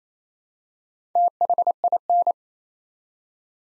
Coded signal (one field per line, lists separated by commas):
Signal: Morse code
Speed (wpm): 29 wpm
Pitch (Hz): 700 Hz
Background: none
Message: THIN